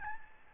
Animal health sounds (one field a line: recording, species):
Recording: mosquito wingbeat signal from an infrared sensor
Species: Aedes albopictus